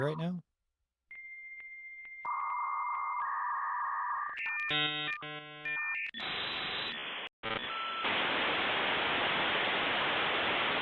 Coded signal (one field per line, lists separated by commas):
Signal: dial-up modem handshake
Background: speech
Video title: AOL Finally Ends Dial-Up… Wait, That Still Existed?! - Error Code Show